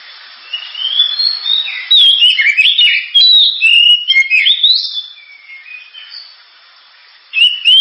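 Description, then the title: Oriental magpie-robin song: soft whistles building into loud, varied warbling phrases with sliding notes, a quiet stretch, then one more bright phrase. Sharp, very loud 'gacor' kacer song, described as suited for use as a lure ('pancingan') to prompt other birds to sing. "Kacer Gacor Suara Tajam. Kacer Gacor Suara Super Kenceng Cocok untuk Pancingan"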